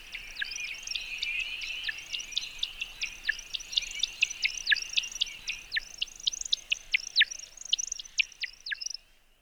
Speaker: Mais sinon, tiens, j'ai un extrait d'une espèce qui produit un chant intéressant non vocal, la bécasse d'Amérique